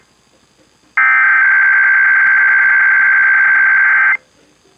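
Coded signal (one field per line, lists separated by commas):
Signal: Emergency Alert System (SAME) tones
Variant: header bursts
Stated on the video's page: Live IPAWS weekly EAS test relayed from an FM broadcast station at 105.9.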